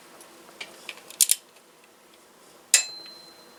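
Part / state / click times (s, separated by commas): torque wrench on cylinder head bolt in engine block / torque reached / 2.7 s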